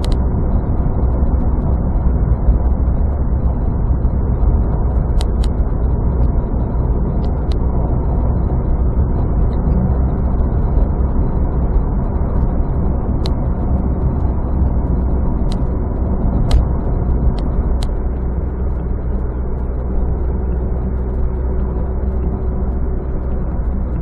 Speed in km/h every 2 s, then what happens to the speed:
69, 64, 64, 62, 66, 70, 71, 70, 66, 66, 65, 65.
0-24 steady at about 66.